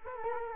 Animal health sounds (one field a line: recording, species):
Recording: mosquito wingbeat signal from an infrared sensor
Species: Culex quinquefasciatus